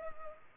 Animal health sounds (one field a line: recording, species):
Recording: mosquito wingbeat signal from an infrared sensor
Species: Culex pipiens